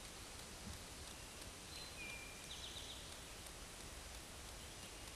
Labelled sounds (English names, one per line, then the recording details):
Eastern Towhee song
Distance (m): 70 m
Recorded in a Pennsylvania forest on 17 May 2023 at 13:13
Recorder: AudioMoth, point grid1_35_low
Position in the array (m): 119 m, 84 m